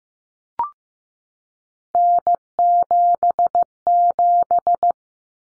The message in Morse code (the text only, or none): N77